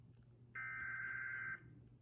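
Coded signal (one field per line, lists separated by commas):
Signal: Emergency Alert System (SAME) tones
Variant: header bursts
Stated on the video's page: Avalanche warning for Washington carried on Comcast cable TV.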